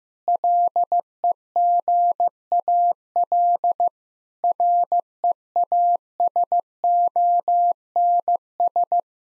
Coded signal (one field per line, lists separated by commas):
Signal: Morse code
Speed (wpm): 16 wpm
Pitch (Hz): 700 Hz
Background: none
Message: LEGAL REASONS